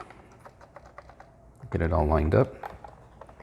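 A plastic top case cover is set onto the base of a Commodore SX-64 portable computer, placed starting at the bottom edge and lined up over the base before being pressed shut. Light handling taps and scrapes are heard throughout, and someone talks in the middle. Nothing has snapped or clicked into place yet.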